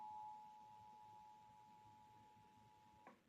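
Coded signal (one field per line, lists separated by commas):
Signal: Emergency Alert System (SAME) tones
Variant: 853 and 960 Hz attention tone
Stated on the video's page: EAS National Periodic Test received on Comcast cable in Indiana.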